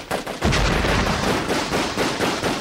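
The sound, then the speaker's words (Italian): A rapid burst of automatic fire from a Kalashnikov rifle shooting a soldier: loud sharp cracks repeating in quick succession over a dense, rumbling wash of noise, with no voices. “Per eliminare il pericolo rappresentato da quel soldato, aprì il fuoco con il Kalashnikov e lo uccise.”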